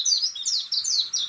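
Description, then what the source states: Warbling white-eye singing a fast, high jumble of slurred chirping notes in an unbroken stream. Recorded on the Senami coast, Niigata Prefecture, Japan.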